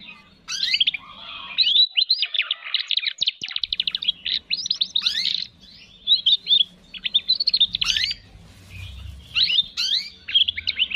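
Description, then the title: Canary song: a long, rapid, varied warble of fast trills, buzzy rolls and sweeping chirps, loud and with only brief pauses. Canary singing actively ('gacor') with its best song variations ('cengkok', 'isian'). "Kenari Gacor Cengkok Terbaik Isian Paling Mewah"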